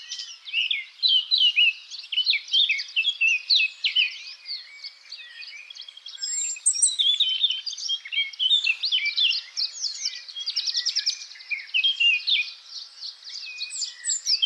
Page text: Christoph Bock - Славка-черноголовка (Sylvia atricapilla)